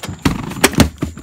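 The release latch on the repaired rear seat back of a 2012 Honda CR-V, which had been jammed and would not fold down, is pulled, and the upright lock clicks open at 0.3 s and 0.7 s. A few more short knocks follow. The seat back releases, and the fix is confirmed to work.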